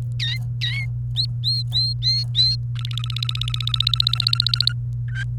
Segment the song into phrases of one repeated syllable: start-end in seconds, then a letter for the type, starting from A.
0.20-0.85 A, 1.16-2.56 B, 2.75-4.72 C, 5.08-5.23 D